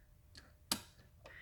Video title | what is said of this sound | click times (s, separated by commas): Installing JDMSPEED Spark Plug Wires And Heat Shield Protector Sleeves On A Small Block Chevy | You can hear it does click into place, | 0.7 s